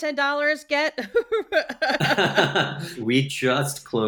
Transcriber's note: laughs